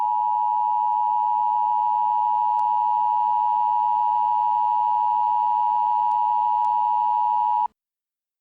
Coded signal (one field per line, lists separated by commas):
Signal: Emergency Alert System (SAME) tones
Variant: 853 and 960 Hz attention tone